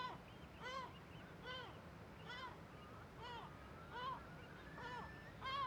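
Gull alarm calls: harsh, harmonic cries in an uneven series, with a faint higher whistle.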